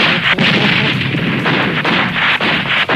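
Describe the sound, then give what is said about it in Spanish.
Continuous barrage of gunfire and artillery blasts, loud and dense, with sharp repeated cracks punctuating a roaring wall of noise throughout. “Pero para los tiros.”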